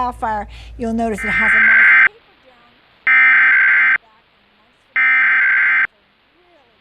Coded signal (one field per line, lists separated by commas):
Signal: Emergency Alert System (SAME) tones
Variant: header bursts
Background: speech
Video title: WSOC-TV DASDEC is Real | EAS #335 (NC Required Monthly Test from 5/13/2024)